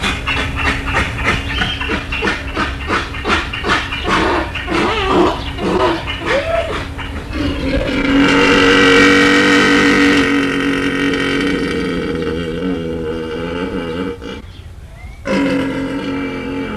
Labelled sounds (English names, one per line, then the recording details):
Père David's Deer
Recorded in captivity
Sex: male
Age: adult
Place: Zoo Halle, Sachsen-Anhalt, DE
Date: 1978-07-12 13:45
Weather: sunny, 26°C
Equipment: Uher CR 210, Sennheiser MD 421, Kopie Uher 4200
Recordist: Tembrock, Günter